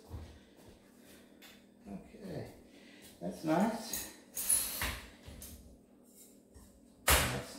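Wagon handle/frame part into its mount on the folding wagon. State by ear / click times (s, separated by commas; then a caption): seated / 7.1 s. Someone talks while handling a folding wagon, with a few softer knocks around 4.4 s and 5.4 s. A part of the wagon, the extending handle or a frame piece, is pushed back into its plastic or metal mount and snaps back in with a sharp, loud click at 7.1 s, seating it.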